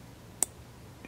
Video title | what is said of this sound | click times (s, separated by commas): S&W 3RD GENERATION DISASSEMBLY (SLIDE) VIDEO #2 OF 4 | and you hear that snap | 0.4 s